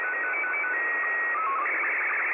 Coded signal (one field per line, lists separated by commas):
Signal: SSTV (slow-scan television)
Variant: Scottie 2